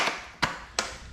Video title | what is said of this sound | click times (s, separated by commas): New Handles, Mirrors and Paint Clean Up for the Daily Driver Silverado | so we're gonna snap this this literally just snaps right in place | 0.4 s, 0.8 s